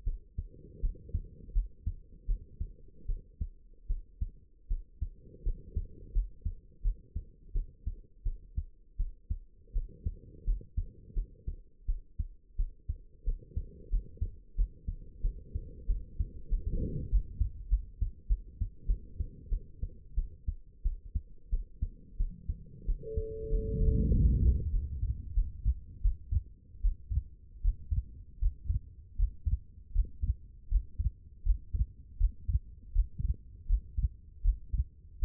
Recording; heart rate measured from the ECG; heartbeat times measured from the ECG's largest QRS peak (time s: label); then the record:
heart sounds by stethoscope; 85 bpm
0.05 s: heartbeat
0.81 s: heartbeat
1.53 s: heartbeat
2.27 s: heartbeat
3.07 s: heartbeat
3.88 s: heartbeat
4.68 s: heartbeat
5.44 s: heartbeat
6.13 s: heartbeat
6.82 s: heartbeat
7.53 s: heartbeat
8.24 s: heartbeat
8.97 s: heartbeat
9.73 s: heartbeat
10.45 s: heartbeat
11.14 s: heartbeat
11.86 s: heartbeat
12.57 s: heartbeat
13.25 s: heartbeat
13.90 s: heartbeat
14.56 s: heartbeat
15.22 s: heartbeat
15.87 s: heartbeat
16.50 s: heartbeat
17.09 s: heartbeat
17.69 s: heartbeat
18.28 s: heartbeat
18.87 s: heartbeat
19.50 s: heartbeat
20.15 s: heartbeat
20.83 s: heartbeat
21.50 s: heartbeat
22.18 s: heartbeat
22.86 s: heartbeat
23.49 s: heartbeat
24.12 s: heartbeat
24.71 s: heartbeat
25.34 s: heartbeat
26.01 s: heartbeat
26.81 s: heartbeat
27.61 s: heartbeat
28.38 s: heartbeat
29.15 s: heartbeat
29.91 s: heartbeat
30.68 s: heartbeat
31.42 s: heartbeat
32.17 s: heartbeat
32.92 s: heartbeat
33.66 s: heartbeat
34.41 s: heartbeat
35.19 s: heartbeat
From the record:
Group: healthy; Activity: rest 0-28 s, Valsalva maneuver 28-35 s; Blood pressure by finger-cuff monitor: 80/43 mmHg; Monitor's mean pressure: 57 mmHg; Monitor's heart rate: 85 bpm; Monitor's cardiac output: 8.5 L/min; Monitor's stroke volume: 98 mL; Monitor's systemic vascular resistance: 480 dyn s/cm5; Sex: female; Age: 22 years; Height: 161 cm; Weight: 65.5 kg